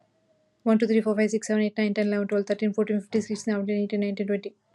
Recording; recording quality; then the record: counting at a fast pace; excellent, no background noise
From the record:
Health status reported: healthy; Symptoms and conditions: none ticked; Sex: female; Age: 26 years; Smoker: not ticked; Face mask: worn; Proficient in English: yes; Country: India